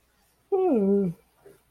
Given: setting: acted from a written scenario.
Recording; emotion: vocal sound without words; serenity